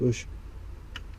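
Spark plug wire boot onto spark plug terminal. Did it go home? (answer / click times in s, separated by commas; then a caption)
yes / 1.0 s. On a 2011 GMC Sierra SLE 5.3 V8, a spark plug wire boot with its spring slipped over is pushed onto the spark plug terminal. Someone talks briefly at the start. A sharp click at 0.96 s marks the boot seating onto the plug.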